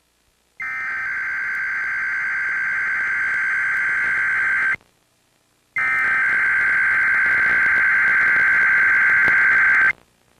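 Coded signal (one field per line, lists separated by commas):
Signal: Emergency Alert System (SAME) tones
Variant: header bursts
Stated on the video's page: Required Weekly Test on a TV station via the SAGE EAS ENDEC.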